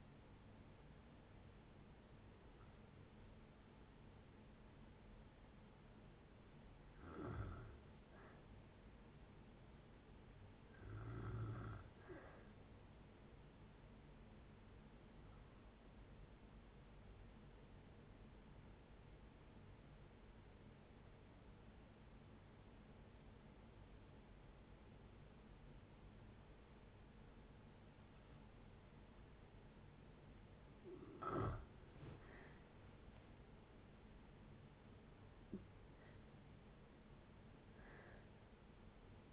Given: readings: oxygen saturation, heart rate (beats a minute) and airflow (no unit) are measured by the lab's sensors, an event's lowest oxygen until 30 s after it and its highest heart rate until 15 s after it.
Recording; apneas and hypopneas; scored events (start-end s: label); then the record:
breathing in sleep by a voice recorder at the bedside; 1
17.00-32.20 s: hypopnea (N2, oxygen 96% highest, then 85% lowest, heart rate 61 at the start, 74 highest)
24.00-39.33 s: new sleep stage, N1 (lightest sleep)
From the record:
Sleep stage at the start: N2 (light sleep); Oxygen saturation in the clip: 78 to 96%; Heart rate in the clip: 55 to 74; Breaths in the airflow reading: 9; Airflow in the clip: -13.0 to 16.7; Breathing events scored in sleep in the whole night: 496 in 5.4 hours asleep